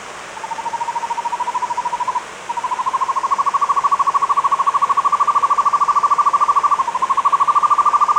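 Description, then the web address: Buff-fronted Owl trilling in rapid, evenly spaced notes, rising slightly in pitch, broken by two short gaps. Andes, South America. "Natures Songs S America Andean Birds. Buff-Fronted Owl (Aegolius Harrisii)"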